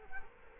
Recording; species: mosquito wingbeat signal from an infrared sensor; Culex quinquefasciatus